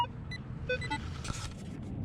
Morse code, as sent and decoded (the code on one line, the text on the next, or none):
none